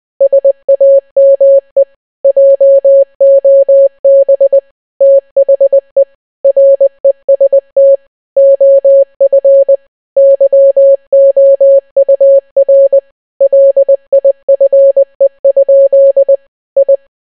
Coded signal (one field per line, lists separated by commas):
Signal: Morse code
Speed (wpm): 20 wpm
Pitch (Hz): 550 Hz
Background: none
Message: SAME JOB THE REST OF YOUR LIFE? I